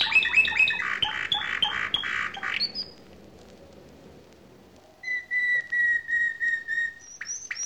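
Finch song: a loud burst of harsh, rapid chattering notes, then a pause, then a run of clear, steady whistled notes repeated quickly.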